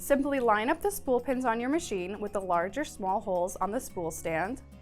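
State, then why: Not seated. Someone talks over background music while a plastic Jomi 2 spool stand for oscillating hook models is lined up with the spool pins on top of a sewing machine, matching the pins to its large or small holes. The stand has not snapped onto the machine yet, and no click is heard.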